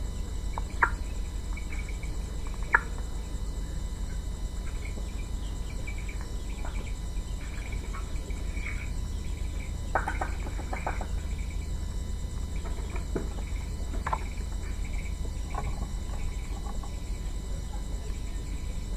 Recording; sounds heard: poultry house recording; healthy chickens